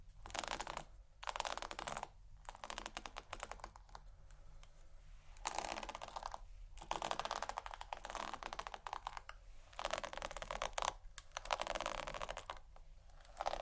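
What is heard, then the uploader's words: Rapid tapping and scratching on plastic or vinyl surfaces, a dense stream of tiny clicks and crinkles like fingers drumming on a keyboard. The bursts come in stretches of a few seconds separated by brief pauses, with quiet behind and no voices. Vinyl,plastic,bristles,tap,crinkle,scratching,glass,etc.(No Talking).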